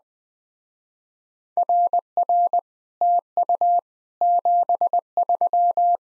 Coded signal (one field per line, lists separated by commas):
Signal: Morse code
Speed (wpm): 20 wpm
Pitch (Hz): 700 Hz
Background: none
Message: RR TU 73